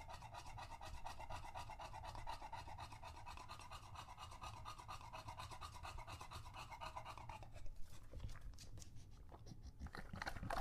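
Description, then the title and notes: English Bulldog panting hard, a fast even rasping in and out that holds for several seconds before turning rougher and more irregular. Male English Bulldog named Lucho, drinking from a water bowl after a long walk, out of breath and breathing heavily between drinks. "English Bulldog Drinks from Water Bowl - Weird Sounds. listen to Lucho the English Bulldog as he tries to drink water after a long walk. Don't let his heavy breathing fool you in between drinks, he's equally out of breath from the walk"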